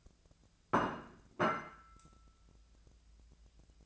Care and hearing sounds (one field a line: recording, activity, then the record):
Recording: daily activity, microphone in the room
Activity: place plate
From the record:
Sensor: 2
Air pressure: 1000.0 hPa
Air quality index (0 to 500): 132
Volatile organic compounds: 2 ppm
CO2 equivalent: 1124 ppm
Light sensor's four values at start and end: 24/59/25/27 and 24/61/26/28